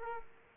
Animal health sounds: mosquito wingbeat signal from an infrared sensor; Aedes aegypti

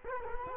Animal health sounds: mosquito wingbeat signal from an infrared sensor; Culex quinquefasciatus

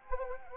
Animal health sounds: mosquito wingbeat signal from an infrared sensor; Anopheles gambiae

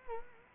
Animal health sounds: mosquito wingbeat signal from an infrared sensor; Culex quinquefasciatus

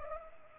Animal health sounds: mosquito wingbeat signal from an infrared sensor; Culex pipiens

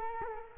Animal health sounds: mosquito wingbeat signal from an infrared sensor; Culex quinquefasciatus

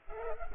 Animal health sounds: mosquito wingbeat signal from an infrared sensor; Culex pipiens

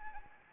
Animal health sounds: mosquito wingbeat signal from an infrared sensor; Anopheles arabiensis

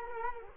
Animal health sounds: mosquito wingbeat signal from an infrared sensor; Culex quinquefasciatus

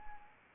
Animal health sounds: mosquito wingbeat signal from an infrared sensor; Anopheles arabiensis

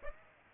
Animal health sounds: mosquito wingbeat signal from an infrared sensor; Aedes aegypti

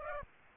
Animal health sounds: mosquito wingbeat signal from an infrared sensor; Aedes aegypti

